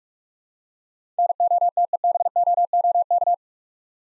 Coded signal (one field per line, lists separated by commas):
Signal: Morse code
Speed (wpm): 47 wpm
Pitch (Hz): 700 Hz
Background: none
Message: NOTEBOOK